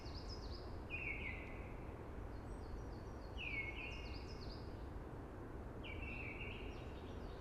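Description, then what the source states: Eurasian blackbird delivering three short fluty phrases a few seconds apart, with thin high notes above; a constant soft rushing sound runs beneath. Early blackbird singing amongst hushing conifers.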